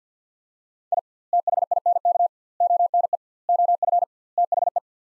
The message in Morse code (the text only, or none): I THINK ONE OF THE